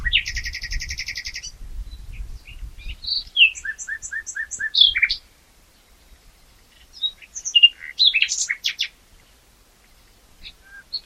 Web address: SETE Luscinia megarhynchos